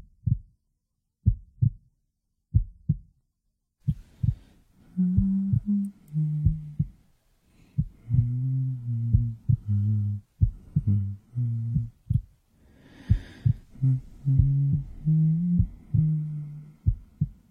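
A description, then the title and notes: A heartbeat thumps low, in steady double beats, alone for the first four seconds. Then a voice hums along in short, wavering low notes that start and stop while the beat continues underneath, with a brief breathy hiss near the thirteen-second mark. Heartbeat + humming shifting subliminal.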